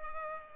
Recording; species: mosquito wingbeat signal from an infrared sensor; Culex pipiens